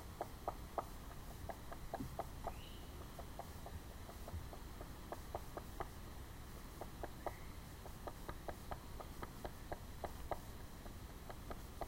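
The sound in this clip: Red-bellied woodpecker: a long series of short, clipped notes, a few each second, with two thin upslurred whistles and steady low rumbling background noise.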